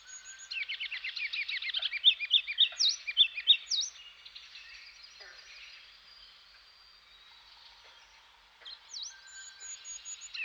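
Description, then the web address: Ruby-crowned kinglet singing a quick series of high chattering notes that build into loud repeated phrases, then a quiet pause and a few thin high notes. "Dan Gibson Wildlife Identification By Sound, Eastern North America Pt 1. Ruby-Crowned Kinglet"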